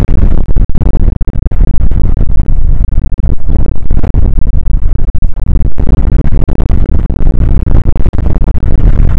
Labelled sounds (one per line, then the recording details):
wind
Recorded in the Prudhoe Bay oil fields, Alaska, on 29 May 2019 at 00:01
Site 25